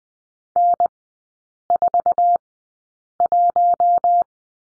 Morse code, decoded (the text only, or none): N41